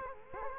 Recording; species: mosquito wingbeat signal from an infrared sensor; Culex quinquefasciatus